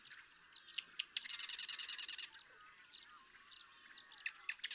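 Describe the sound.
Marsh Wren song: a harsh, rapid buzzy rattle lasting about a second among scattered softer notes, with another rattle starting at the end.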